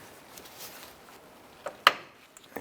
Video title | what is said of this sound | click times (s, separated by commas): How To Replace Radiator 2004-2012 Chevy Colorado | push that in so that it clips on to that connector and that snap into place | 1.9 s